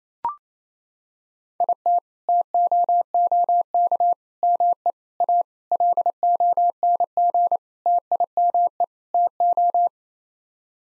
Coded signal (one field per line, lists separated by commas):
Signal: Morse code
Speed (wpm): 28 wpm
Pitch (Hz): 700 Hz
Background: none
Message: IT TOOK ME A LONG TIME TO